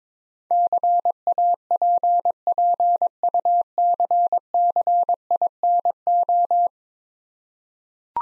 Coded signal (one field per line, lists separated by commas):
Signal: Morse code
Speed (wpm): 22 wpm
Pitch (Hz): 700 Hz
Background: none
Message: CAPPUCCINO